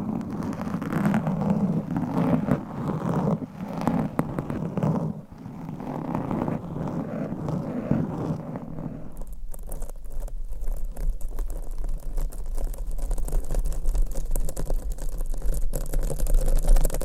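Mic scratching and rumbling fills the first nine seconds, then shifts abruptly to a thinner, crackling rustle over a steady low hum.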